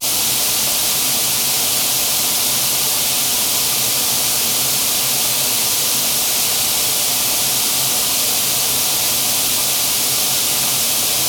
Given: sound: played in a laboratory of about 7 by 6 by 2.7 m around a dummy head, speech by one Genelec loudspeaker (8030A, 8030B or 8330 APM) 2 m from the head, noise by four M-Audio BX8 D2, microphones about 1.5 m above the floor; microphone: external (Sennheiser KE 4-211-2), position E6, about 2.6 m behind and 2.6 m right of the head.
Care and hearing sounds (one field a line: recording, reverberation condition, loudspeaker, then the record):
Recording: white noise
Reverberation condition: high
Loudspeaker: four, about 170 cm from the corners of the room and facing them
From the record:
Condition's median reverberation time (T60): about 1300 ms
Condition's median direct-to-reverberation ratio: about -4.0 dB